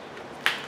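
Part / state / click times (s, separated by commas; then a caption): rubber dust cap into brake caliper slide pin bore / seated / 0.5 s. A small rubber dust cap is pushed by hand into the rear of the brake caliper, over the slide pin bolt, on a 1999-2004 Jeep Grand Cherokee's rear brakes. One sharp snap is heard at 0.5 s, followed by a fainter tick at 0.7 s, and the cap is seated.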